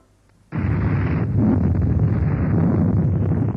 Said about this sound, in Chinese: 山头连续爆炸，烟柱直冲云霄。